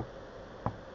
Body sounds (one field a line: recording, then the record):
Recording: background sound without coughing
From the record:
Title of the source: wind